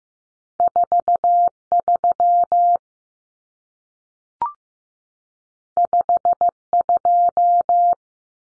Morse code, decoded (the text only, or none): 43 52